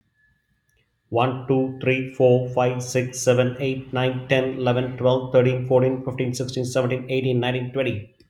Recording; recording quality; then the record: counting at a fast pace; excellent, no background noise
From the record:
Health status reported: exposed to COVID-19, no respiratory illness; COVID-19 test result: negative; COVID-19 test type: rapid antigen test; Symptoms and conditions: cold, fatigue, muscle pain, diabetes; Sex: male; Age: 52 years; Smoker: no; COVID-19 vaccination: both doses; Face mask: not worn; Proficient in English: yes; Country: India